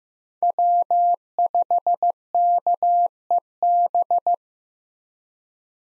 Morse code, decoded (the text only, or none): W5KEB